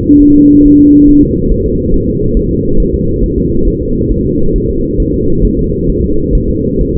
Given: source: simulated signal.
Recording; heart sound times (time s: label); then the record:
fetal heart sounds
0.22 s: S1
0.36 s: S2
0.66 s: S1
0.80 s: S2
1.09 s: S1
1.23 s: S2
1.52 s: S1
1.66 s: S2
1.94 s: S1
2.08 s: S2
2.37 s: S1
2.51 s: S2
2.80 s: S1
2.94 s: S2
3.24 s: S1
3.38 s: S2
3.68 s: S1
3.82 s: S2
4.12 s: S1
4.26 s: S2
4.56 s: S1
4.70 s: S2
5.00 s: S1
5.14 s: S2
5.45 s: S1
5.59 s: S2
5.90 s: S1
6.04 s: S2
6.35 s: S1
6.50 s: S2
6.81 s: S1
6.96 s: S2
From the record:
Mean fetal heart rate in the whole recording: 135 bpm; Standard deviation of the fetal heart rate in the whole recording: 3 bpm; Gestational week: 36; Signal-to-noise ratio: -16.4 dB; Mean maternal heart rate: 72 bpm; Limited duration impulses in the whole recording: present